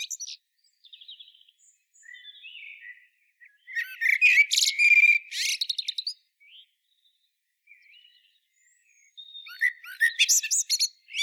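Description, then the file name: Eurasian blackbird warbling softly, then a loud squeaky high twitter around the middle, quiet fluted notes, and a final burst of shrill twittering. "Turdus merula"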